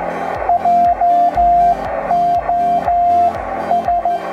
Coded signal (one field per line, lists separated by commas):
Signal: Morse code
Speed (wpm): 13 wpm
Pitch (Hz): 700 Hz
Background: music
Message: JO S